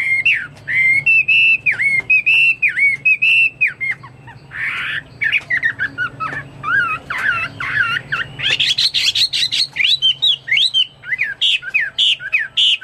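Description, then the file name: Chinese hwamei pouring out loud, rapid whistled phrases with rising and falling slurs, mixed with harsher buzzy bursts, almost without pause. "omkicau hwamei"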